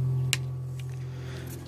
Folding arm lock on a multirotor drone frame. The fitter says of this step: and you hear a solid click